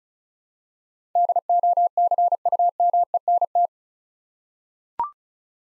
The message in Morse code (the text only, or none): DOCUMENT